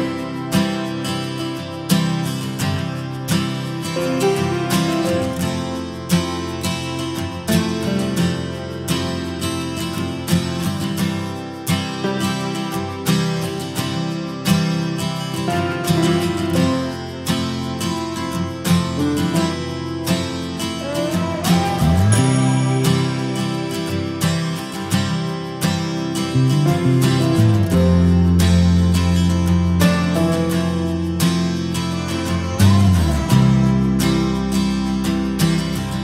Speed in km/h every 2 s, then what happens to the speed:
31, 35, 36, 38, 36, 35, 28, 22, 22, 24, 25, 27, 29, 31, 32, 32, 28, 22.
0-6 speeds up to 38. 6-13 slows to 22. 16-30 speeds up to 32. 30-36 slows to 22.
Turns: none.